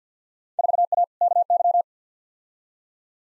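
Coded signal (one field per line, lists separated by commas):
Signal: Morse code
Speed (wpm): 50 wpm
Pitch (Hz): 700 Hz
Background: none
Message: 4A KY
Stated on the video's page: Field Day exchange head-copy drill sent at 50 wpm, each exchange sent, spoken, then sent again.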